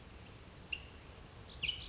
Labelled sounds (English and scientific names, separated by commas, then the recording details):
California Towhee (Melozone crissalis)
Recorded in Sonoma County, California